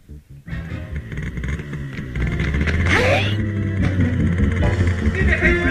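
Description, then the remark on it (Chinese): A motorcycle engine catches and starts up so a second person can jump on, settling into a loud, steady low rumble with a rising rev partway through. “他们猫着腰摸到摩托车跟前， 等我一发动，你跳上来。”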